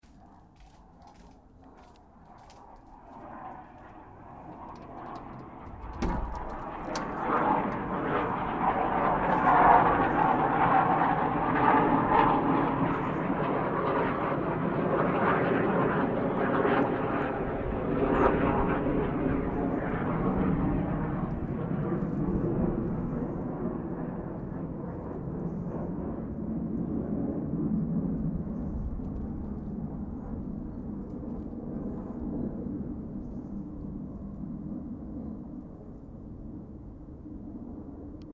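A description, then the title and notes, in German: Around midday, a low roar, likely an aircraft or passing vehicle, rises from a quiet start, peaks between about ten and twenty seconds, then slowly fades while staying audible to the end. A brief knock sounds near six seconds. Sound: wemmetsweiler, so gegen 12 uhr mittags.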